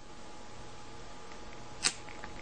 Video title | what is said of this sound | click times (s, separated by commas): Which is the Best Waterproof Camera 2013 - Top 10 Best Waterproof Camera 2013 - Cameras Review | hear that solid little click um that gives me a lot of confidence that the uh | 1.9 s